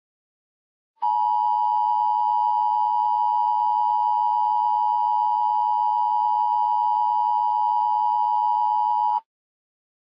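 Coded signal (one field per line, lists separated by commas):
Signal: Emergency Alert System (SAME) tones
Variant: 853 and 960 Hz attention tone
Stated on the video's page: Fictional EAS scenario tornado warning, made with editing software and text-to-speech.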